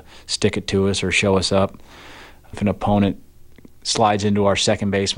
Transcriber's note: none